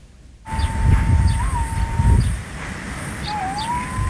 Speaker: 風が強かったからボーボー言ってますけど、青鳩の声聞いてみてください。